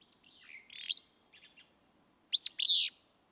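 Willow flycatcher song: a slurred buzzy note, then a few soft chips, then a sharp, sneezy two-part burry phrase near the end.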